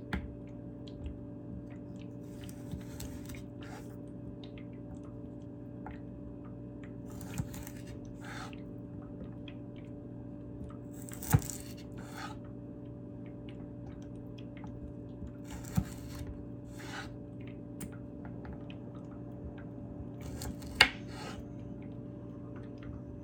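Carrot being chopped, crisp crunchy cuts every few seconds over a steady low electrical hum.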